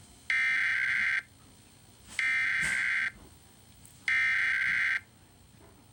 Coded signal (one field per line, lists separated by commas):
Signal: Emergency Alert System (SAME) tones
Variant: header bursts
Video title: Comcast Emergency Alert System- Maryland Required Monthly Test June 30,2022